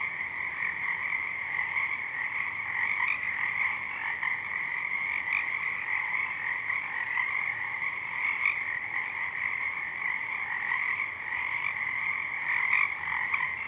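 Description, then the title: Pacific chorus frogs croaking en masse, overlapping rasping calls forming an even, continuous chorus from start to finish. Many frogs calling in full chorus at dusk; double mid-side recording downmixed to stereo. "Pacific Chorus Frogs (Pseudacris regilla), dusk"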